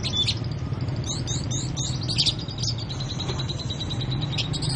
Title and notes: Kicau Kacer. manukmanukan